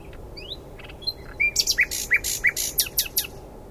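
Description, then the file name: Common nightingale song: a few soft whistles, then a rapid series of loud notes. "Luscinia megarhynchos"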